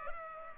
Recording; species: mosquito wingbeat signal from an infrared sensor; Culex pipiens